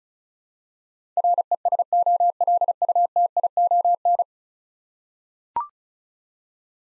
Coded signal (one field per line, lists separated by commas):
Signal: Morse code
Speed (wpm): 36 wpm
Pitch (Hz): 700 Hz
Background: none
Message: RESOLUTION